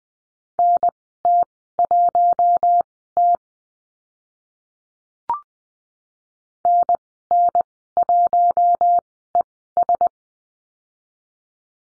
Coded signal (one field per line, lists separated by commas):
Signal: Morse code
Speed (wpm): 20 wpm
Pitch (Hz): 700 Hz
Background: none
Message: NT1T NN1ES